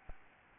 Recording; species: mosquito wingbeat signal from an infrared sensor; Aedes albopictus